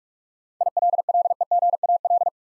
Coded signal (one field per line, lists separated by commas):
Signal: Morse code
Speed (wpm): 44 wpm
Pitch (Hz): 700 Hz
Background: none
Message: ILLEGAL